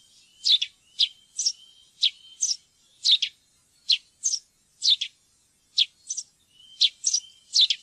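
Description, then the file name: Eurasian tree sparrow calls, sharp chirps often delivered in quick pairs, coming steadily every second or so in an otherwise quiet background. "pilfink"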